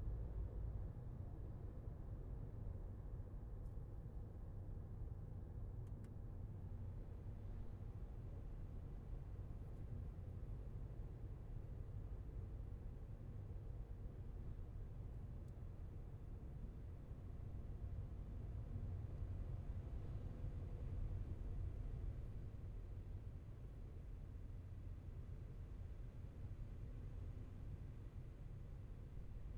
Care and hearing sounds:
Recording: everyday scene through a hearing-aid microphone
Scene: in a vehicle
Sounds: engine, highway driving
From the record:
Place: Skoda Fabia, gasoline engine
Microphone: behind the ear, left, front

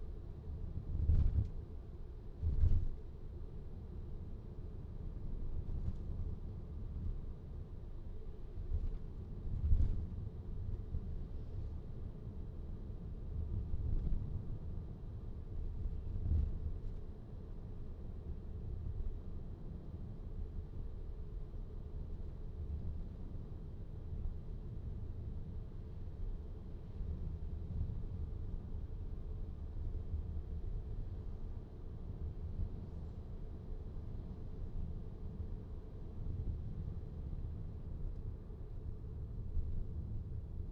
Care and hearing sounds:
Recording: everyday scene through a hearing-aid microphone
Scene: in a vehicle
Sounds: engine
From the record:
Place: VW T5 Caravelle, diesel engine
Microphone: in the ear canal, right

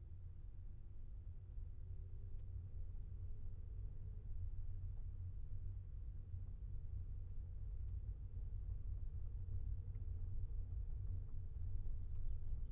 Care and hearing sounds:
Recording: everyday scene through a hearing-aid microphone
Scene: in a vehicle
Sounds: engine, rumble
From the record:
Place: Skoda Fabia, gasoline engine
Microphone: behind the ear, left, rear

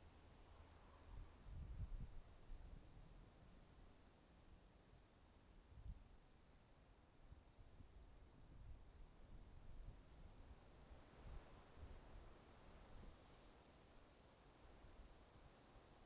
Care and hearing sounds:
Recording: everyday scene through a hearing-aid microphone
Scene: wind on the microphone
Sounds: wind, traffic, birds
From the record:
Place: suburban garden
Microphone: in the ear canal, right

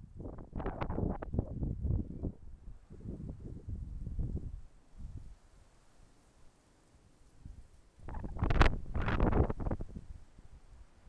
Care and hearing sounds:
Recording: everyday scene through a hearing-aid microphone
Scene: wind on the microphone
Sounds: wind, traffic, birds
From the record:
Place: suburban garden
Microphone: behind the ear, left, front

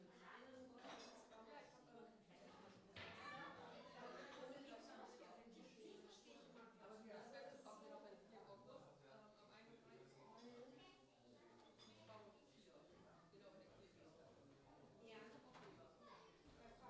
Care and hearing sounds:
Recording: everyday scene through a hearing-aid microphone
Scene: many people talking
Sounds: many voices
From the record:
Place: parish hall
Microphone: in the ear canal, left

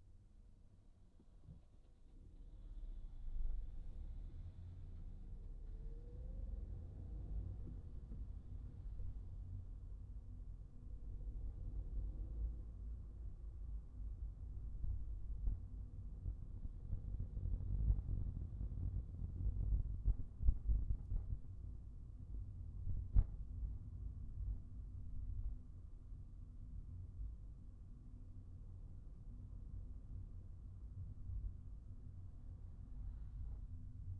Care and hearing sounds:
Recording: everyday scene through a hearing-aid microphone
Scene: in a vehicle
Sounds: engine, traffic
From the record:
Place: Skoda Fabia, gasoline engine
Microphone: behind the ear, right, rear

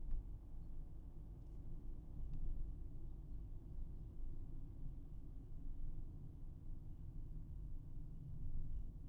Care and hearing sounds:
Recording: everyday scene through a hearing-aid microphone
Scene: in a vehicle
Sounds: engine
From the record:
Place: Berlingo II, diesel engine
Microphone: behind the ear, right, front

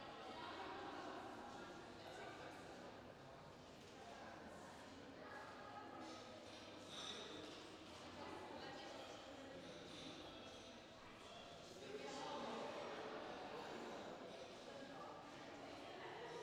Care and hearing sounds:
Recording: everyday scene through a hearing-aid microphone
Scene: reverberant space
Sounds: background noise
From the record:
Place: railway station hall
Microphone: in the ear canal, left

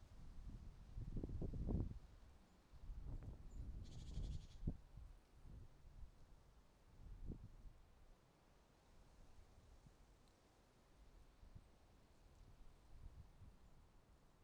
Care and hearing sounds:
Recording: everyday scene through a hearing-aid microphone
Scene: wind on the microphone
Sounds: wind, traffic, birds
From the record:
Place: suburban garden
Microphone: in the ear canal, right

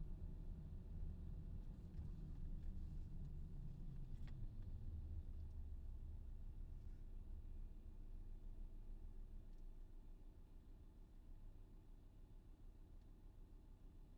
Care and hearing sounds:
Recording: everyday scene through a hearing-aid microphone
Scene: in a vehicle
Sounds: engine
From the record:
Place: VW T5 Caravelle, diesel engine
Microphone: in the ear canal, left

